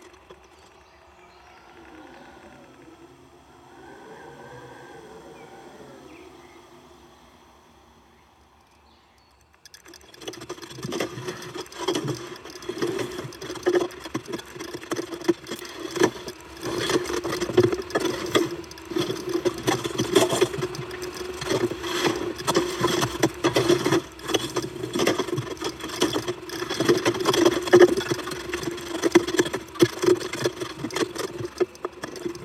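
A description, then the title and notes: Wind moans softly through metal tubes in slow wavering tones, then about ten seconds in turns louder, a rough rushing over a steady hum. Soft wind sounds are diffused by two metal tubes. By blowing against the black anemometer the wind turns.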